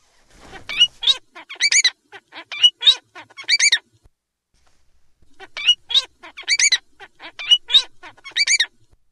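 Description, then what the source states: Bengalese finch song: two bursts of rapid, harsh, buzzy stacked notes mixed with short chirps, each phrase lasting about three and a half seconds, separated by a brief pause. Song presumably learned from a male tutor, probably his father, and passed on from generation to generation.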